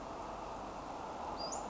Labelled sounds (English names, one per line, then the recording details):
Western Flycatcher
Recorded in Sonoma County, California